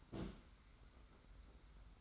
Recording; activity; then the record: daily activity, microphone in the room; place on stove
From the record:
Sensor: 3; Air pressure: 991.0 hPa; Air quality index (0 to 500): 102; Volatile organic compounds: 37 ppm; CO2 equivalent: 3088 ppm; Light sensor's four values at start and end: 45/124/51/44 and 45/124/51/44